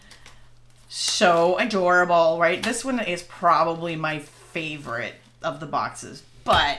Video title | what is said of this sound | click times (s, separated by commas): 🔴 25 Fun Favor & Treat Boxes to Mix-Up Your Halloween & Holidays! | You hear it? Hear them? Click clop. | 0.3 s